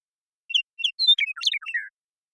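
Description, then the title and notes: Western meadowlark song: a few spaced whistled notes building into a quick, rich run of flute-like gurgles, ending on a lower slurred note; nothing else heard. Song; Pacific Northwest, Washington, United States. "Western Meadowlark, Sturnella neglecta, song, contact calls, and flush, family: Troupials and Allies Pacific Northwest in Washington, United States"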